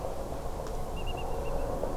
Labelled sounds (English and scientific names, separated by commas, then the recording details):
Eurasian Whimbrel (Numenius phaeopus)
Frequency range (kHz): Eurasian Whimbrel (Numenius phaeopus) 2.5-3.0 kHz
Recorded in France